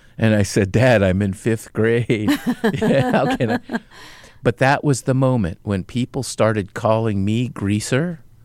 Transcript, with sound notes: And I said, Dad, I'm in fifth grade. How can I... (Laughter) But that was the moment when people started calling me greaser,